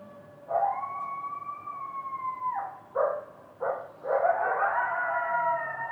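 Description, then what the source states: Coyotes howling: a long steady howl, two short yips, then more howling. Recorded near a wildfire; coyotes sounded upset to the recordist; natural reverberation, unprocessed recording.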